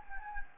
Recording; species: mosquito wingbeat signal from an infrared sensor; Anopheles gambiae